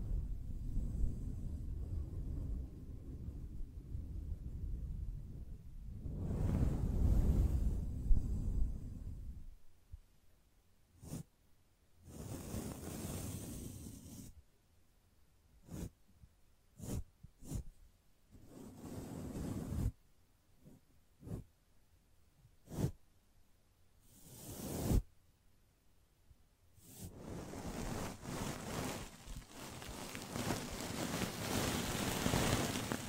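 Soft brushing strokes with a low, muffled rumble through the first ten seconds, swelling around six to eight seconds. After that come short, separate brushes with quiet gaps between them, some bright and hissy. Near the end the brushing turns continuous again, airy and scratchy.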